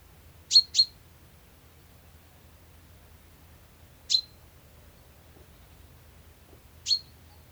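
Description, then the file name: Common chaffinch calls: short, thin, very high notes, a quick pair followed by single notes roughly three seconds apart, against a quiet background. "Fringilla coelebs"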